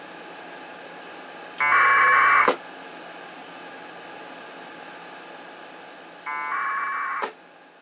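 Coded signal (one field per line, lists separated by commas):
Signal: packet radio (AX.25, as in APRS)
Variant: 1200 baud AFSK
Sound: two short harsh warbling data bursts, each about one second, with clicks at the ends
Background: radio hiss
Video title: HTTP over IP over AX.25 Packet Radio at 1200 Baud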